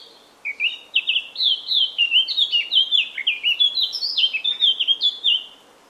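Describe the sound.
Eurasian Blackcap song: a lively, continuous warble of quick, varied slurred notes, lasting about five seconds.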